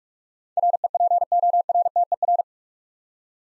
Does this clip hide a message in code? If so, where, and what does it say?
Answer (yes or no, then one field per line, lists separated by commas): yes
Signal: Morse code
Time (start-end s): 0.6-2.4 s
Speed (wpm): 42 wpm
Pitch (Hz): 700 Hz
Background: none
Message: REPORTER